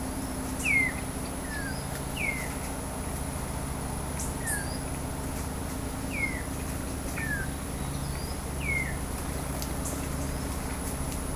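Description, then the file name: Bird calls, several sharp descending whistled notes at irregular intervals over a persistent low hum. "SABIOD 50 bird 2015"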